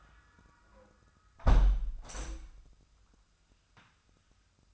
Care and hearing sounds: daily activity, microphone in the room; close window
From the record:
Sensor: 2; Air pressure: 1004.5 hPa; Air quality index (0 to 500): 70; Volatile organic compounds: 1 ppm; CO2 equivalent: 824 ppm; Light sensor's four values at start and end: 6/14/5/6 and 6/14/5/5

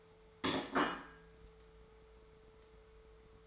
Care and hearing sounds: daily activity, microphone in the room; place plate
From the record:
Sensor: 3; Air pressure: 1015.0 hPa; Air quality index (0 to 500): 207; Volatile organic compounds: 33 ppm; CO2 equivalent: 3028 ppm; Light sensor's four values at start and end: 12/30/12/12 and 12/31/12/13

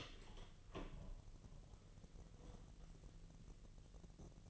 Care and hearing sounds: daily activity, microphone in the room; open door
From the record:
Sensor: 4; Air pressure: 1002.1 hPa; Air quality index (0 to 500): 249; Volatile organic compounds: 42 ppm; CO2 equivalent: 3180 ppm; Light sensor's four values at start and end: 10/22/9/8 and 9/21/8/8

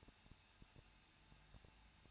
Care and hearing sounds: daily activity, microphone in the room; no activity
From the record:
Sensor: 2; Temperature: 21.0 degrees Celsius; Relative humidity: 37.5%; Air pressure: 1006.2 hPa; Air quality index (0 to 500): 224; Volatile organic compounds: 25 ppm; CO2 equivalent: 2844 ppm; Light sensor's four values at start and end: 2/3/2/2 and 2/3/2/2

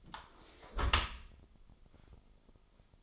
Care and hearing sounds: daily activity, microphone in the room; close dishwasher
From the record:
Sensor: 5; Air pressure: 996.0 hPa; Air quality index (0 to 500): 100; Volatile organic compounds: 6 ppm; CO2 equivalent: 1928 ppm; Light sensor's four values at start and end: 41/99/41/44 and 42/98/41/44

